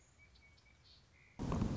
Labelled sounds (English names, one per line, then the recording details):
Song Sparrow
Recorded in Sonoma County, California